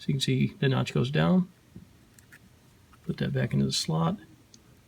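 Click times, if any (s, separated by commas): none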